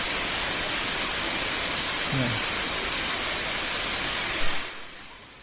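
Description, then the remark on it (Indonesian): Heavy rain pours down in a dense, steady hiss that fills the whole clip without letup, with a brief faint murmur near the middle and a short louder bump near the end. “Menunggu hujan selesai.”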